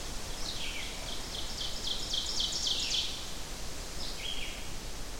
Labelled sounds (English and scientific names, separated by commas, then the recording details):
Ovenbird (Seiurus aurocapilla) song
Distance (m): 45 m
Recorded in boreal forest in Alberta, Canada, on 14 June 2016 at 07:12
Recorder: SongMeter 3, array SBT-3-33
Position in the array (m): 96 m, 142 m
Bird 21